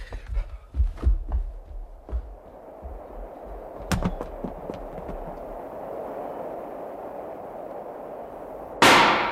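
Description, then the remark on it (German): A sharp warning gunshot cracks out on board a ship over a low rumbling background, preceded by a few softer thuds, with a sudden loud burst of noise at the very end. “Das war ein Warnschuss.”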